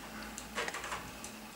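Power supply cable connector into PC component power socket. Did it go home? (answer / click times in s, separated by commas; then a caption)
no / none. A plastic power supply cable connector from a Corsair RM 850W power supply is handled near its power socket on a PC component, making faint rustling, a burst of scraping around 0.6 to 1.0 s, and brief light taps at 0.4, 0.7 and 1.2 s. Nothing has seated or clicked in yet; the clip ends just before the connector goes home.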